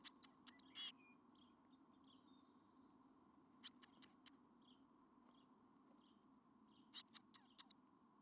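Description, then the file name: Eurasian blue tit uttering clusters of four high thin notes roughly every three seconds, with a faint low background hum. "Cyanistes caeruleus"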